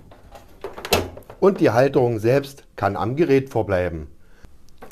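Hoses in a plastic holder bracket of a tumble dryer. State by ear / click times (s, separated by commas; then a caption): released / 0.9 s. Hoses are unclipped from the plastic hose holder bracket on the inside of a heat pump tumble dryer; they simply click into place, so pulling them out releases them. Two quick clicks come at about 0.9 s, and the hoses come free while the bracket stays on the dryer. Someone talks throughout.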